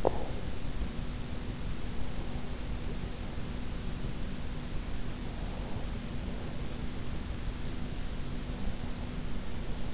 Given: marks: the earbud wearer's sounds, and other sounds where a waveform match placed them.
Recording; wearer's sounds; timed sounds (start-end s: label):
sounds in sleep by an in-ear microphone; breath
0.00-0.61 s: breath